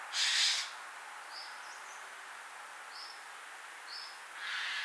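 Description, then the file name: Eurasian jay giving a harsh, rasping screech at the start and another at the end, with faint high chirps from other birds over a steady background hiss. "Garrulus glandarius"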